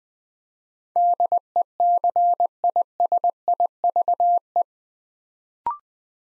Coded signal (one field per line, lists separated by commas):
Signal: Morse code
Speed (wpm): 20 wpm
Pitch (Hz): 700 Hz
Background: none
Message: DECISIVE